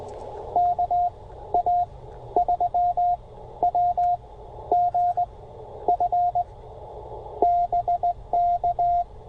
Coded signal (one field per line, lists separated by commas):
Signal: Morse code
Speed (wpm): 17 wpm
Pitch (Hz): 700 Hz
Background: radio noise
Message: KA3WGF BK